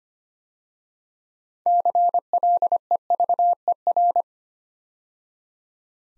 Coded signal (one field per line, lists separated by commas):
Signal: Morse code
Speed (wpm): 25 wpm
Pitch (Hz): 700 Hz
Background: none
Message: CLEVER